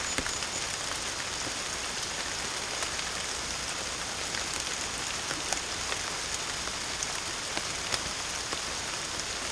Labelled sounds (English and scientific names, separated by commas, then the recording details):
none
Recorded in secondary vegetation near Puerto Asís, Putumayo, Colombia, on 18 December 2024 at 23:30
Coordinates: 0.489, -76.322
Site G059